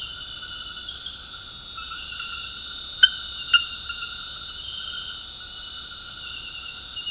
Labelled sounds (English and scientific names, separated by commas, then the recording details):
none
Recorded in dense forest near Puerto Asís, Putumayo, Colombia, on 21 February 2024 at 00:30
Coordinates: 0.485, -76.325
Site G6429